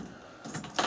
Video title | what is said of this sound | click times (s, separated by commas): installation of a pace edwards jack rabbit model tr2006 boxcover maxwellsworld | unlock it, of course, so you feel it click there, | 0.8 s